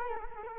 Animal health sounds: mosquito wingbeat signal from an infrared sensor; Culex quinquefasciatus

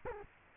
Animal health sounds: mosquito wingbeat signal from an infrared sensor; Culex quinquefasciatus

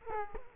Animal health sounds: mosquito wingbeat signal from an infrared sensor; Culex quinquefasciatus

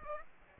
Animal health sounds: mosquito wingbeat signal from an infrared sensor; Aedes aegypti

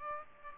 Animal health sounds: mosquito wingbeat signal from an infrared sensor; Aedes aegypti

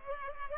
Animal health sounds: mosquito wingbeat signal from an infrared sensor; Culex pipiens

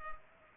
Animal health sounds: mosquito wingbeat signal from an infrared sensor; Culex pipiens

